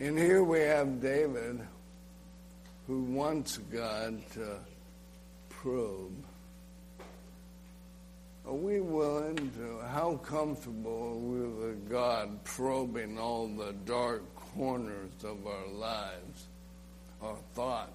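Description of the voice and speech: Slowed, mildly slurred speech from an adult man, with nasal vowels, stretched sounds and long pauses: dysarthria from amyotrophic lateral sclerosis (ALS), diagnosed the previous summer, with the end of life approaching. Talking takes muscle, and the disease is weakening those muscles.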